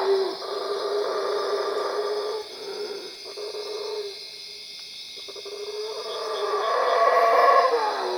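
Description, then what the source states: Howler monkey howl, a rough roaring sound that eases, dips quiet, then builds again near the end. Recorded at Cuevas.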